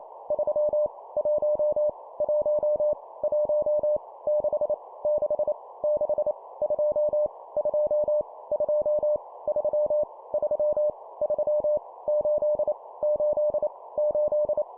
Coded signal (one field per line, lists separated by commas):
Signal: Morse code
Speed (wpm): 28 wpm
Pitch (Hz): 600 Hz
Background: none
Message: 3 1 1 1 6 6 6 2 2 2 3 3 3 8 8 8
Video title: 25wpm Repeat three times Random Number, morse code practice